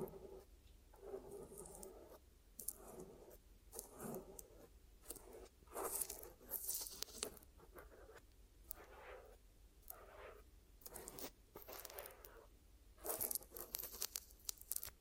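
Glue ear massage and cleaning: bursts of rough, scratchy rubbing and crackling come in irregular waves, each lasting a second or two with short quiet gaps between. Some strokes are bright and crisp, others duller and softer, with a low steady hum underneath throughout.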